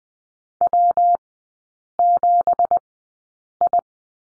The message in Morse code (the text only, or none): W7I